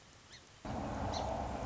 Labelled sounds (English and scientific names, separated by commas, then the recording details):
Song Sparrow (Melospiza melodia)
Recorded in Sonoma County, California